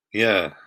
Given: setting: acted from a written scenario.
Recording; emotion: vocal sound without words; pride